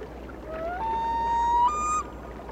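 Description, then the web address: Loon wail: a long, clear cry rising from low to a steady held tone, then stepping higher in one brief final note, over a low steady hum. "A Természet hangjai - Madárdal Sounds of Nature - Cry of the Loon"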